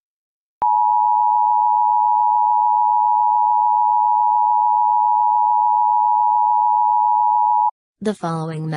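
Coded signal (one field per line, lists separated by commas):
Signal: Emergency Alert System (SAME) tones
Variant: 853 and 960 Hz attention tone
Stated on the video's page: Fictional EAS scenario.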